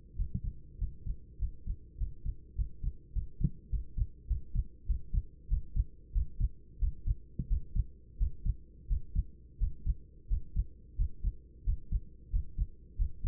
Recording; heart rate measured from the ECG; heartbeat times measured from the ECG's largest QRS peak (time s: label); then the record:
heart sounds by stethoscope; 94 bpm
0.15 s: heartbeat
0.77 s: heartbeat
1.38 s: heartbeat
1.97 s: heartbeat
2.55 s: heartbeat
3.12 s: heartbeat
3.69 s: heartbeat
4.26 s: heartbeat
4.85 s: heartbeat
5.48 s: heartbeat
6.12 s: heartbeat
6.78 s: heartbeat
7.47 s: heartbeat
8.17 s: heartbeat
8.87 s: heartbeat
9.58 s: heartbeat
10.27 s: heartbeat
10.95 s: heartbeat
11.63 s: heartbeat
12.30 s: heartbeat
12.96 s: heartbeat
From the record:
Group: healthy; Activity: Valsalva maneuver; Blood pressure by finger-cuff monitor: 119/70 mmHg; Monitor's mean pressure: 80 mmHg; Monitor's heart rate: 91 bpm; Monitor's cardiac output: 8.4 L/min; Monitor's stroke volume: 90 mL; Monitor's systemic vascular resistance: 690 dyn s/cm5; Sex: male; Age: 24 years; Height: 184 cm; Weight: 89 kg